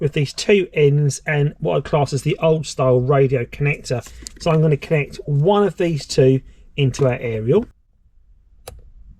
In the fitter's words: Clicks into place like that.